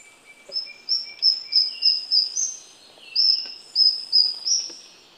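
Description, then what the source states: Esmeraldas antbird singing two series of high whistled notes, the second run slightly rising, with a softer lower whistled series heard in the background. Recorded in Ecuador.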